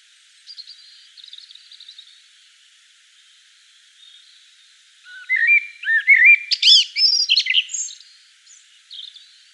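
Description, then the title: Common blackbird singing: a faint scratchy start, then a louder burst of rising fluted notes ending in thin, high twittering squeaks. Common blackbird song recorded in Provence at dusk. "Sylvain Jaskowiak - Mes piafs. Merle noir en Provence au crépuscule"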